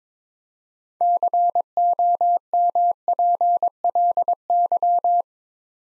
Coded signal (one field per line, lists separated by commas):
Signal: Morse code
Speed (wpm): 22 wpm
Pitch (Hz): 700 Hz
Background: none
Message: COMPLY